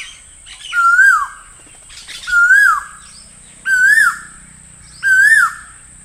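Bird calling with four clear, rising-then-falling whistles, one roughly every one and a half seconds, over a faint constant hiss.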